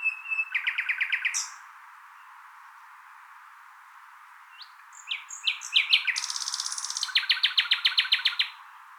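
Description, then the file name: Common nightingale song: a burst of quick repeated notes, a pause, then a varied run of sharp chips leading into a fast buzzy trill and steady repeated notes. "Luscinia megarhynchos"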